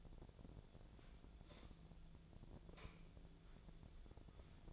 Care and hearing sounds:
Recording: daily activity, microphone in the room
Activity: light on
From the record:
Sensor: 5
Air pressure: 1009.9 hPa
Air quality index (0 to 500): 159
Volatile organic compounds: 4 ppm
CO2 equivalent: 1546 ppm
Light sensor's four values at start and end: 153/391/163/173 and 156/399/166/177

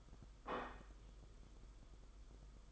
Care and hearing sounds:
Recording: daily activity, microphone in the room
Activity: place plate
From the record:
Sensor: 5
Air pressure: 991.0 hPa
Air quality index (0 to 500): 141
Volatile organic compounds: 109 ppm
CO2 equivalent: 3810 ppm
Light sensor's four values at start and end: 39/121/46/49 and 39/121/46/49

